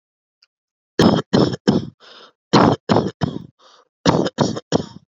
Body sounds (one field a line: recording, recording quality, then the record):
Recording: shallow voluntary cough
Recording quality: excellent, no background noise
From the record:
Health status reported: COVID-19 positive, mild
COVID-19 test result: positive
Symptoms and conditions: cold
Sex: male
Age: 26 years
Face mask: not worn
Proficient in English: yes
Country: India